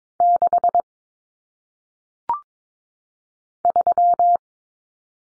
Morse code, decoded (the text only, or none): 6 3